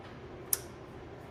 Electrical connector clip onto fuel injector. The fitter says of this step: otherwise they just snap on you just press one hear them click the